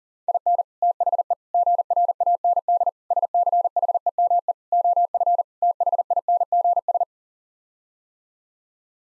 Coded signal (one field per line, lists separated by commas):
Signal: Morse code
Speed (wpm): 40 wpm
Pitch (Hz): 700 Hz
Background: none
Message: IN THE GRAND SCHEME OF THINGS